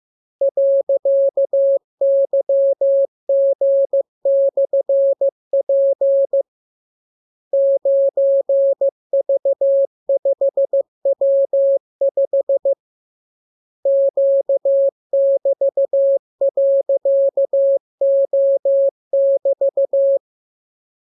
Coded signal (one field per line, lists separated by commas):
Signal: Morse code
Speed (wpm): 15 wpm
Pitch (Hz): 550 Hz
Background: none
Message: .YG/P 9V5W5 Q<BT>.O<BT>